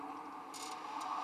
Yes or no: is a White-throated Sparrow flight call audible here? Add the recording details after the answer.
no. No flight call is heard. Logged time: 22:37 on 12 December 2014